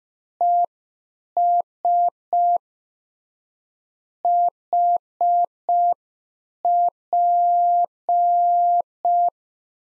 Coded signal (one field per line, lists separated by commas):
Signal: Morse code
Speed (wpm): 5 wpm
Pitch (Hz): 700 Hz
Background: none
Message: ES HP